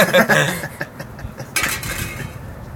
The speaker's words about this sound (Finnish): Kenen tölkki kaatui? Energiajuomaa täällä tuntuu ihmisillä kuluvan aika paljon.